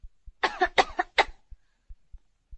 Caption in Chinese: 我只要听一听你的背部就行了。 深呼吸， 陛下。 陛下能不能咳嗽一声？。 再咳一下。